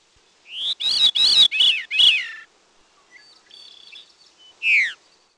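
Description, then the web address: Veery giving its descending, flute-like spiralling song, then soft faint chips and a single loud downslurred 'veer' note near the end. "Peterson North American Birds"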